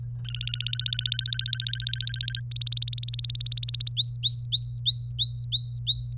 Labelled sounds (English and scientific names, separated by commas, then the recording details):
Domestic Canary (Serinus canaria) song
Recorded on 26 April 2018 at 15:33
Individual llb3